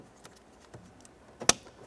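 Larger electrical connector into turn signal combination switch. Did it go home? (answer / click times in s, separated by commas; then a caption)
yes / 1.5 s. A larger electrical connector is pushed into the turn signal combination switch under the steering column of a 2005–2010 Chevrolet Cobalt. After a few faint ticks, it snaps in with one sharp click at 1.5 s, and the connector is seated.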